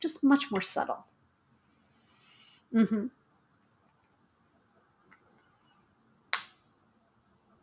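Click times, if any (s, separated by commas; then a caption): 6.3 s. Someone talks briefly, then after sampling a pistachio-scented perfume, the cap is put back on the perfume bottle. It closes with a single sharp click at 6.3 s, and the cap is seated.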